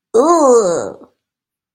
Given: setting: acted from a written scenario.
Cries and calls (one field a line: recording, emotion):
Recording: vocal sound without words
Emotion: disgust